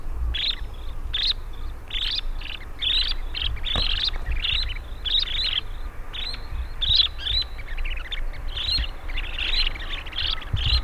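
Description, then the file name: Dunlin calls, a steady run of short buzzy, rasping notes throughout, over low background rumble. "Bonte Strandloper Calidris alpina"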